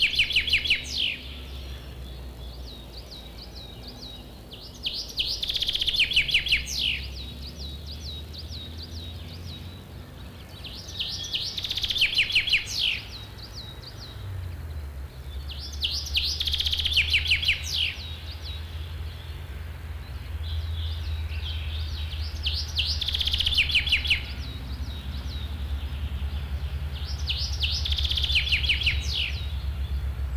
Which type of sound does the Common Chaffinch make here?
song